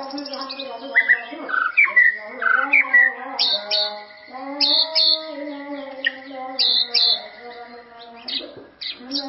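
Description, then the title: White-rumped shama song of varied whistled phrases, with repeated pairs of high sharp notes, backed by a steady low humming sound. "murai batu"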